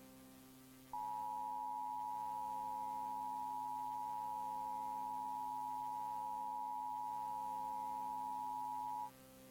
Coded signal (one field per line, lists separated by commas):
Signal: Emergency Alert System (SAME) tones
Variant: 853 and 960 Hz attention tone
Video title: EAS - Tennessee Blue Alert